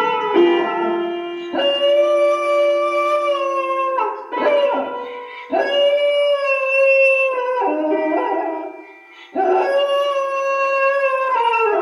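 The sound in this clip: Dog howling in long, drawn-out notes that waver and slide, in phrases of a few seconds split by short breaks.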